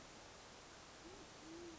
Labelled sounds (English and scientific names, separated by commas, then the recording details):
Band-tailed Pigeon (Patagioenas fasciata)
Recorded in Sonoma County, California